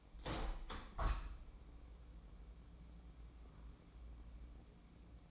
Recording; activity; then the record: daily activity, microphone in the room; open window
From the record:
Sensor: 1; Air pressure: 1012.4 hPa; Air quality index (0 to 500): 167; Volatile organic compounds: 3 ppm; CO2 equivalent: 1364 ppm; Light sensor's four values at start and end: 247/566/251/276 and 236/543/240/266